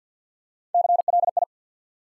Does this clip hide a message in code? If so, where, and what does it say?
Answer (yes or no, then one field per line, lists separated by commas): yes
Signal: Morse code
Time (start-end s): 0.7-1.4 s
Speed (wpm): 50 wpm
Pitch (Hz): 700 Hz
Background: none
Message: CLI